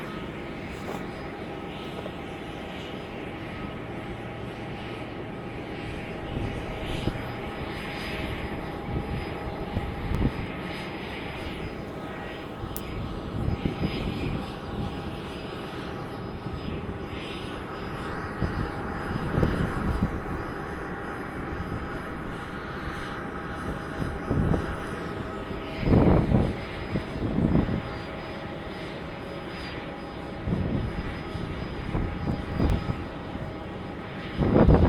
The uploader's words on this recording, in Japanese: 飛行場の音 – Airfield。羽田空港で録音しました。エンジン音は常に鳴っていますが、コロナの影響で飛行機の発着が少ないですね…。それでもたまに飛び立とうとするエンジンの発信音が良いです。